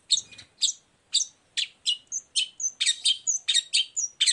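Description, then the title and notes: Long-tailed shrike song: quick series of harsh high chips and short whistled notes, speeding up into a dense, varied chatter. Sung in the morning; the bird's varied 'toet toet' song is played as a lure to provoke other long-tailed shrikes into answering and singing along. "Cendet Gacor Dor Di Kala Pagi Toet Toet Variasi Suara. Pancingan Emosi Cendet Gacor Full Variasi Toet Toet Bikin Nyaut Cendet Lain Langsung Ikutan Bunyi. Burung cendet"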